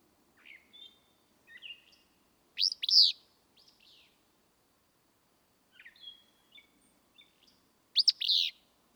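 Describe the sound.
Willow flycatcher singing two explosive, buzzy phrases roughly five seconds apart, with soft high chips and short whistled notes scattered between them.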